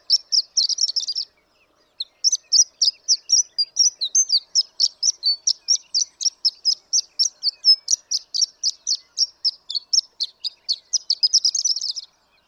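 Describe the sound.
Horned lark song beginning with a short burst, a pause, then a long evenly paced series of bright, high twittering notes ending in a quick flurry.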